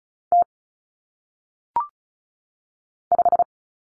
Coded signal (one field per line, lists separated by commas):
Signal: Morse code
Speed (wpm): 36 wpm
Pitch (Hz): 700 Hz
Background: none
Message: T 5